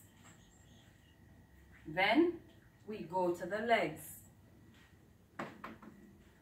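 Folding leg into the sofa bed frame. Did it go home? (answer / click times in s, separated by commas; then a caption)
yes / 5.4 s. Someone talks, then a folding leg of a sofa bed is pushed into the sofa bed frame. A sharp click at 5.4 s, followed by two fainter knocks, shows the leg has clicked into place and is seated.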